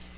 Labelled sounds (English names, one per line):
Magnolia Warbler flight call